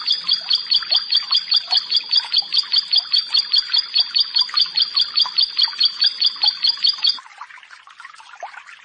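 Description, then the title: Bar-winged prinia song: a steady series of sharp doubled high notes, about two and a half per second, stopping near the end with faint chirps after. "Ciblek Sawah"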